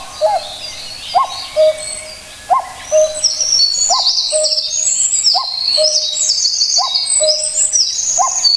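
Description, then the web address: Common cuckoo calling its falling two-note cuck-oo over and over, with a chorus of high, sharp bird calls filling the background. "sikioto. kakkou"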